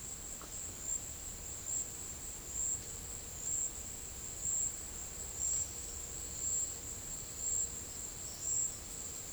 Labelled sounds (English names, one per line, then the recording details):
none
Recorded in secondary vegetation near Puerto Asís, Putumayo, Colombia, on 26 December 2024 at 15:30
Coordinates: 0.489, -76.322
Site G059